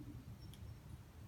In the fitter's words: here click nice seal inside there now